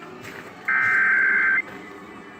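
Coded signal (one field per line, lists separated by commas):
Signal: Emergency Alert System (SAME) tones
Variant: header bursts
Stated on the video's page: Iowa Required Monthly Test originated from an AM station and relayed on all Iowa radio and TV stations.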